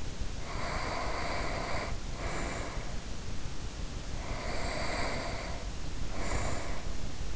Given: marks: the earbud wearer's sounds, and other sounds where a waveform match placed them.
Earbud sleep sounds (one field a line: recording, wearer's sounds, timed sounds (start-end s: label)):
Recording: sounds in sleep by an in-ear microphone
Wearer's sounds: breath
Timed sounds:
0.40-3.07 s: breath
4.08-7.10 s: breath